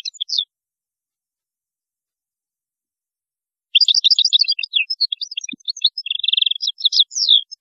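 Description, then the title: European goldfinch song: a brief opening burst of notes, then after a pause a long, fast jumble of tinkling twitters and a buzzy trill. "Chant Chardonneret"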